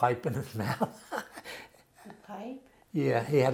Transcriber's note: chuckles